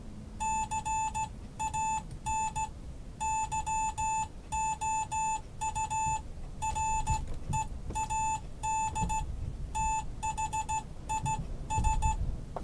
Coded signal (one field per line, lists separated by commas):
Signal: Morse code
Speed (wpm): 16 wpm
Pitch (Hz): 870 Hz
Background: none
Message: CAN YOU READ THIS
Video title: G4NSJ - The Datong D70 Morse Tutor